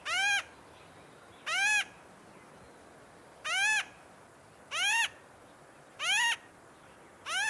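Bird calls: single, clear, arched notes that swell and fade, repeated several times at intervals of one to two seconds against steady background hiss.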